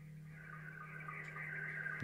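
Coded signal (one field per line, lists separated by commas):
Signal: SSTV (slow-scan television)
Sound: warbling tone wandering between 1.5 and 2.3 kHz, with regular short low blips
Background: mains hum, radio static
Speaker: if you want to have probably what is the most active frequency for slow scan television uh 14230 as you see there is one right now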